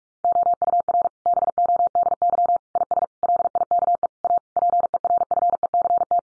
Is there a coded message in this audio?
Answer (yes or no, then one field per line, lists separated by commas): yes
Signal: Morse code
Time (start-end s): 0.2-6.2 s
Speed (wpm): 44 wpm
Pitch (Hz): 700 Hz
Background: none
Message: OUR BODY IS LIKE A PERFECT